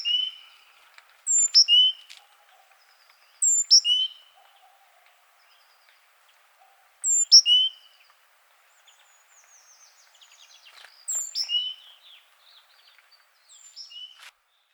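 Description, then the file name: Great tit calling with clear high notes that drop in pitch in quick phrases, repeated several times at irregular gaps, some faint twittering in the background. "Parus major"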